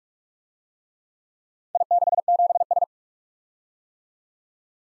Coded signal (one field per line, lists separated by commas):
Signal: Morse code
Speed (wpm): 44 wpm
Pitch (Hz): 700 Hz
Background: none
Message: I67S